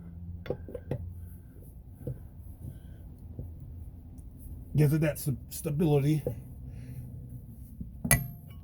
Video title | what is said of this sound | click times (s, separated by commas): Venom Club "05 escape tire change and sway bar link checking. found 1 swaybar broken." part 3. | don't want to tighten it too tight well if you hear that click that one click for me is all right i don't mind it | 8.1 s